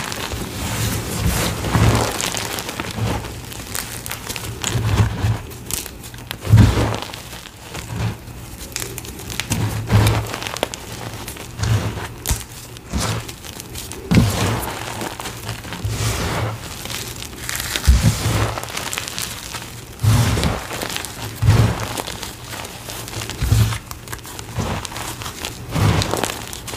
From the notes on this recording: carving gym chalk asmr, including crushing a crispy, crunchy reformed gym chalk into a gym chalk bomb